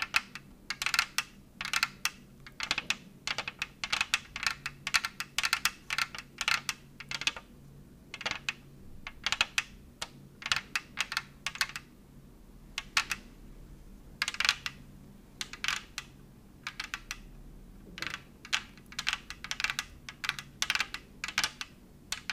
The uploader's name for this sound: Tapping ASMR